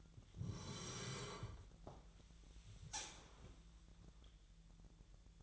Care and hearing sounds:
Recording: daily activity, microphone in the room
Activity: sit down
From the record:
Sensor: 3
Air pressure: 1001.9 hPa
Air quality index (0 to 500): 248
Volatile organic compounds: 130 ppm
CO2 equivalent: 3927 ppm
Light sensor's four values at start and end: 10/22/9/10 and 8/19/8/8

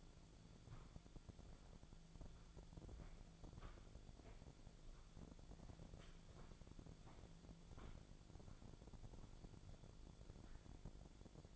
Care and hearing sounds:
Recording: daily activity, microphone in the room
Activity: walk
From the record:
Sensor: 5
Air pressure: 1008.5 hPa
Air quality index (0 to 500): 152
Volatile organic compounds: 3 ppm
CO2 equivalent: 1468 ppm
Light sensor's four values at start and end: 66/181/71/72 and 66/181/71/72

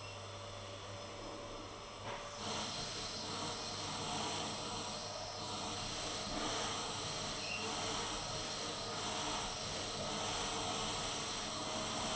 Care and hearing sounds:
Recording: daily activity, microphone in the room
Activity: vacuum cleaning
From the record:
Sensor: 4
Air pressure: 1000.1 hPa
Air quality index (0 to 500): 232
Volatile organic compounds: 32 ppm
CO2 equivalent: 2992 ppm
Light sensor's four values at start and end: 9/21/8/8 and 9/21/8/8

